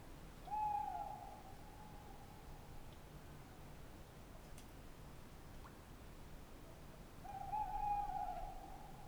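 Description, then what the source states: Tawny owl giving two hoots about seven seconds apart, separated by quiet. Tawny owl at night on wooded banks of the Dordogne near Limeuil (Alles-sur-Dordogne), France, under a starry sky; end of Cadouin festival Les Rencontres du Réel; Sonosax SX-R4+ recorder, DPA 4022 ORTF microphones.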